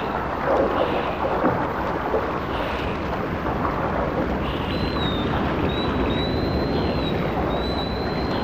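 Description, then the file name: Dolphin whistle, a long, thin, steady tone with slight wavers in the second half, over a continuous rushing background noise. "Zvuki zhivoj prirody - Delfiny"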